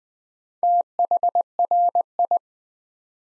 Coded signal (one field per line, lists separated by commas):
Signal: Morse code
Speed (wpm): 20 wpm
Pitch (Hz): 700 Hz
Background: none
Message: THRI